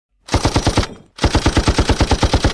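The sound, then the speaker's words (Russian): A heavy gun on the stern of a corvette fires in loud, rapid bursts: a short volley of about five booming shots, a brief pause, then a longer steady burst of pounding rounds. No voices. “Загрохотал страшный стальной зверь с кормы корвета.”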